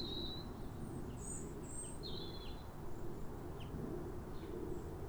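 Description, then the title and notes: European robin song: a brief run of very high, thin whistled notes and quick downslurs over a low, steady rumble. Pair of robins singing from neighbouring gardens at a clear, calm, rosy New Year sunrise in winter after weeks of rain, exchanging phrases like a duet. "Sound Escape 150: Be uplifted by a chorus of New Year's robins. A pair of robins in neighbouring gardens welcome the early sun with wistful phrases as if chatting over the fence. BBC Countryfile Magazine. Recorded by Fergus Collins"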